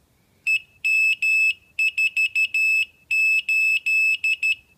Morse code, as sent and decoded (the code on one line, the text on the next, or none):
. -- ....- ---..
EM48